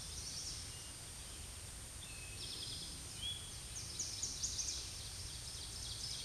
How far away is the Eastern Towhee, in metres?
about 60 m